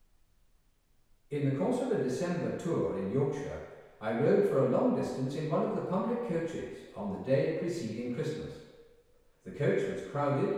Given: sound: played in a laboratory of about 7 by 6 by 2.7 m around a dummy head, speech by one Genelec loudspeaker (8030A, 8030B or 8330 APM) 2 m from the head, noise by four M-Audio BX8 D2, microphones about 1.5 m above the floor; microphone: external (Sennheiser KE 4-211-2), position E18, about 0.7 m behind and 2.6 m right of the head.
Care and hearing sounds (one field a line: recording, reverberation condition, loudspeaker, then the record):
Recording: male speech in English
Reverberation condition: high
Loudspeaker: 120 degrees to the left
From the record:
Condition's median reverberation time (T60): about 1300 ms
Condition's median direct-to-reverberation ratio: about -4.0 dB